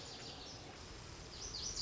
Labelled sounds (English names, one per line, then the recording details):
Lazuli Bunting
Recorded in Sonoma County, California